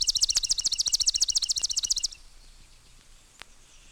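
Swamp Sparrow song: a musical trill of repeated high syllables for about two seconds, then quiet.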